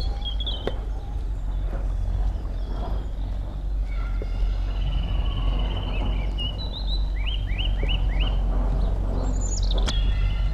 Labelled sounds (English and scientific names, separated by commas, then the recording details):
Eurasian Nuthatch (Sitta europaea) song
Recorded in the wild
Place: IT
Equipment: Uher 4000
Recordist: Tretzel, Erwin